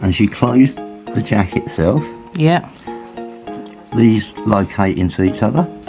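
A hinged plastic cap is being closed onto a keystone jack body over terminated Cat6a cable, handled so the two halves locate into each other, while someone talks over faint tonal music. Nothing has seated or clicked yet.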